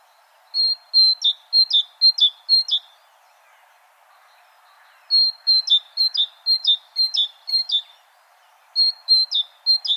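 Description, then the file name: Great tit song: bright two-note phrases repeated in three bursts, each a quick string of high, clear notes, with pauses between bursts. "Parus major"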